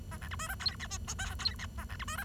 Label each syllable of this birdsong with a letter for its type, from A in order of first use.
A B C D E F G H I J F G A B C D E